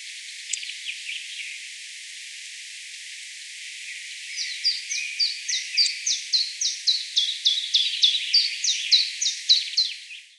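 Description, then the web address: Common chiffchaff song beginning after a few scattered high notes, then a steady run of alternating chiff-chaff notes at an even rhythm. "Phylloscopus collybita. User:Mysid"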